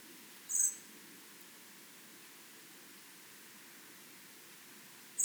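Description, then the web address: Common blackbird giving two short, very high, thin notes, one near the start and one at the very end, with a long quiet gap between. "SETE data Turdus merula"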